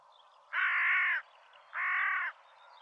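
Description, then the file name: Carrion crow calls, two harsh drawn-out caws, each over half a second long and separated by about half a second of quiet. "Corvus corone"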